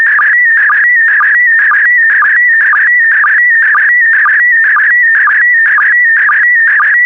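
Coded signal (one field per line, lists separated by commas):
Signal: SSTV (slow-scan television)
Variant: PD120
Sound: warbling tone near 2 kHz with a short low blip about twice a second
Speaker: get ready starting transmission in 5 4 3 2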